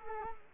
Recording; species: mosquito wingbeat signal from an infrared sensor; Culex quinquefasciatus